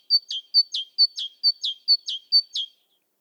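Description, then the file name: Great tit singing a rhythmic series of six two-note phrases, high whistle then lower downslurred note, repeated at a quick even tempo before stopping. "Parus major"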